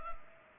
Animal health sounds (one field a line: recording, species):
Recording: mosquito wingbeat signal from an infrared sensor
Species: Culex pipiens